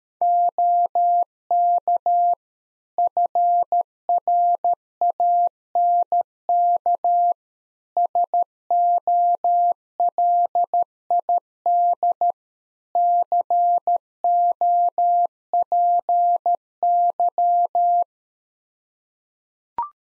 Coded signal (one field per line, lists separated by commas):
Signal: Morse code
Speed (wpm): 13 wpm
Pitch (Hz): 700 Hz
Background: none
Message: OK FRANK SOLID COPY